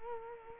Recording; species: mosquito wingbeat signal from an infrared sensor; Culex quinquefasciatus